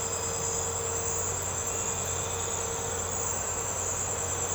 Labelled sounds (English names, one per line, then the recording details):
none
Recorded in secondary vegetation near Puerto Asís, Putumayo, Colombia, on 21 March 2025 at 03:30
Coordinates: 0.468, -76.324
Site G059